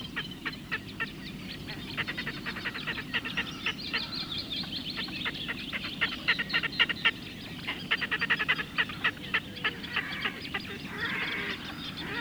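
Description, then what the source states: Red-necked Grebe giving a long run of quick, clipped, rattling notes, with low hum underneath throughout. Field recording.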